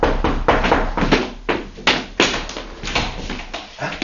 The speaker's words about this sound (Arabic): انتظر يا من تطرق الباب.